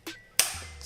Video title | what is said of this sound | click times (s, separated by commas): SPEEDWAY 5 BLANCHE EDITION : VENT DE FRAICHEUR POUR CETTE TROTTINETTE ÉLECRIQUE ! | ce qui est guidon on a ça qui va se remonter tout seul puisque c'est dévissé et donc voilà là ça c'est enclenché | 0.4 s